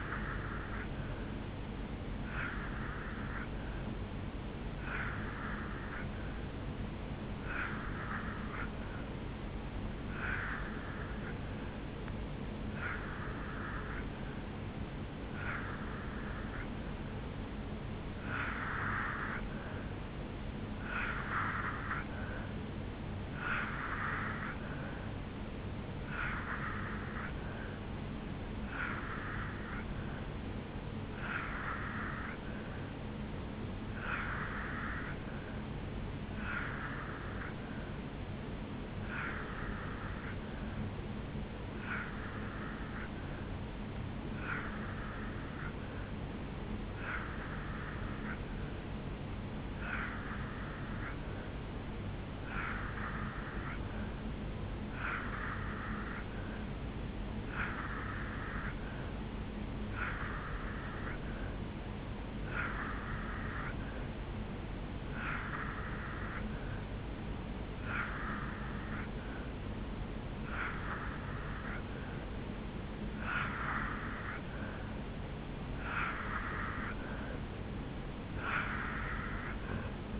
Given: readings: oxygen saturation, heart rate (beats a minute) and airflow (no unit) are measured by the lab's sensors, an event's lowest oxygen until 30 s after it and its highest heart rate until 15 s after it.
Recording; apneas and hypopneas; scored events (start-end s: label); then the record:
breathing in sleep by a voice recorder at the bedside; 1
17.00-77.00 s: new sleep stage, N3 (deep sleep)
35.00-53.40 s: hypopnea (N3, oxygen 87% highest, then 84% lowest, heart rate 72 at the start, 76 highest)
77.00-80.20 s: new sleep stage, N2 (light sleep)
From the record:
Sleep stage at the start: N2 (light sleep); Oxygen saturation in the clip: 84 to 87%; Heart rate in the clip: 72 to 76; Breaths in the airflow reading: 29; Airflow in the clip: -1.2 to 0.8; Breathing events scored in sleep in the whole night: 449 in 7.0 hours asleep